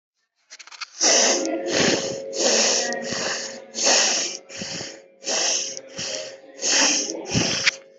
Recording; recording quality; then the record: shallow breathing; excellent, no background noise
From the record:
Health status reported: respiratory illness, not identified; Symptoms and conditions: none ticked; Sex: female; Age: 26 years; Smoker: not ticked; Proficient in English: yes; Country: India